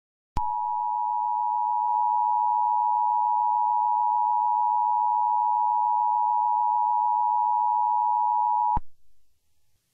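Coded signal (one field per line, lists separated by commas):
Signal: Emergency Alert System (SAME) tones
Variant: 853 and 960 Hz attention tone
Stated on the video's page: Fictional alert scenario, though the SAME headers are stated to be valid.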